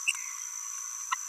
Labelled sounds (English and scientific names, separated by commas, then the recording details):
Green-rumped Parrotlet (Forpus passerinus) babbling
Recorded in a nest box in Venezuela
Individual 18B17A3